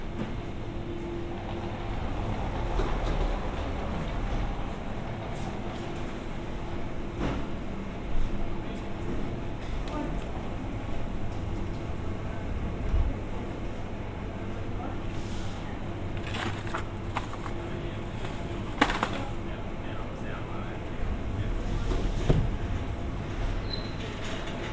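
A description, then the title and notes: Inside a grocery store, a steady low hum of refrigeration and machinery fills the space, with a faint tone running throughout. Muffled voices murmur in the background, and scattered clicks and clatters of carts or items break through every few seconds, especially toward the end. Binaural trip to the grocery store.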